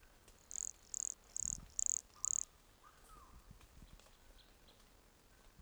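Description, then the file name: Pumpkin toadlet: five short, high buzzy notes repeated roughly every half second, then quiet hiss. Recorded at Entroncamento, Teba, in January 2020, 20 cm from the microphone. "Brachycephalus sulfuratus Entroncamento Teba 20 cm from microphone LFR JAN-2020"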